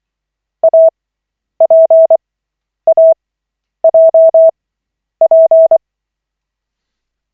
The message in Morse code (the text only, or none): APAJP